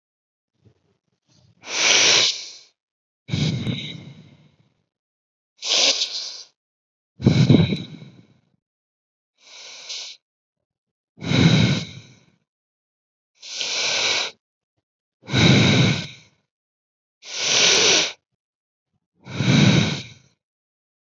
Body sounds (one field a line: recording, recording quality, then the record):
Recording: deep breathing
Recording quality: excellent, no background noise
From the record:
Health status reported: COVID-19 positive, no symptoms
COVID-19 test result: positive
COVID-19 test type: RT-PCR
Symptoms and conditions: fatigue, muscle pain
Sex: male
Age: 23 years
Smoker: yes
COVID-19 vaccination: both doses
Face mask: not worn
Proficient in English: yes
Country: India